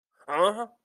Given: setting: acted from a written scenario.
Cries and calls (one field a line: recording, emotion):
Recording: vocal sound without words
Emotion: negative surprise